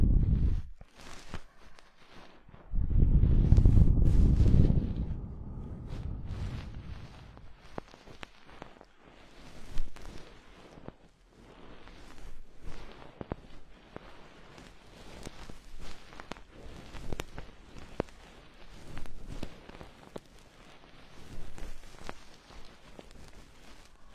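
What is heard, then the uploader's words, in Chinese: Ear cleaning with a goose-feather stick: soft scratchy brushing and rustling strokes repeat irregularly throughout. A heavy low rumble of rubbing against the microphone comes at the very start and again from about three to five seconds. 鹅毛棒掏耳朵。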